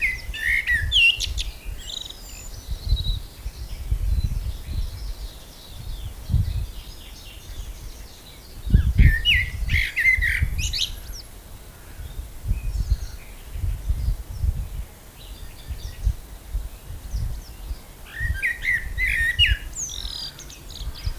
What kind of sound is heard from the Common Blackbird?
song